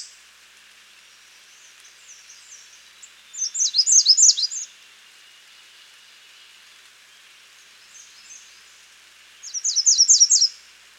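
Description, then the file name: American redstart gives two short songs several seconds apart, each a rapid string of high, sibilant downslurred notes, with faint soft notes in between. "Setophaga ruticilla - American Redstart"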